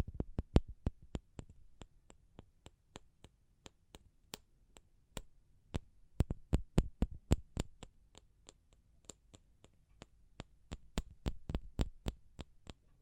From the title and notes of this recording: ASMR Pure Tapping Fast and Slow (No Talking).